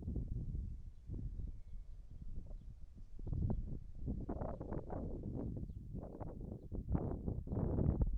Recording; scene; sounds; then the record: everyday scene through a hearing-aid microphone; wind on the microphone; wind, whistling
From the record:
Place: in front of a rural house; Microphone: behind the ear, left, rear